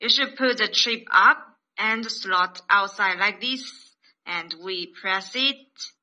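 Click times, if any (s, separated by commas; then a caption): none. A micro SIM card is being placed, chip side up, into the SIM slot of a Q12 children's smartwatch, to be pushed in with a screwdriver tip until it latches. Someone talks throughout the clip, with only faint handling sounds. Nothing has clicked or seated yet.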